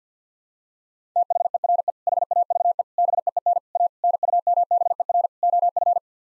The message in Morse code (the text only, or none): THERE HAVE BEEN A NUMBER OF